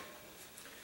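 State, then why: Seated. The playfield door of a Sanyo pachinko machine cabinet is pulled closed and both turn latches are snapped at the same time, so the door locks in place. A single click is heard at 0.6 s over a steady background hiss, and the latches are seated.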